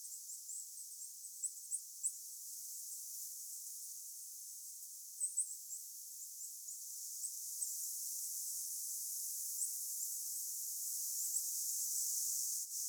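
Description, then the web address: High, needle-thin goldcrest calls come in short bursts near the start and again around five seconds, with softer scattered notes after, over hiss. Several goldcrests calling on Vähä saari island, 26 September 2024. "paivat 26 9 2024 vahan saaressa olleiden hippiaisten aantelya"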